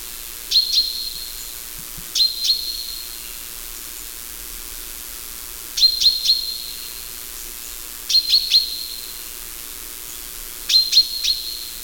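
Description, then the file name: Common chaffinch giving clipped high call notes in pairs and triplets, spaced irregularly a few seconds apart, with little else audible. "Fringilla coelebs"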